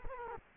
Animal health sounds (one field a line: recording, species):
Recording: mosquito wingbeat signal from an infrared sensor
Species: Culex quinquefasciatus